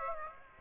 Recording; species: mosquito wingbeat signal from an infrared sensor; Aedes aegypti